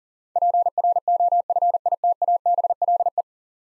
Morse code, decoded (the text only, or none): PROFITABLE